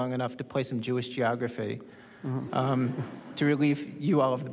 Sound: soundbite of laughter

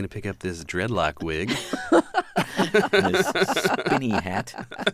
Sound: laughter

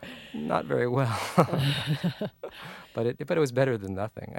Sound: laughs

